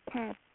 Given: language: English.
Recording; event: throat vibration sensor signal played as sound; speech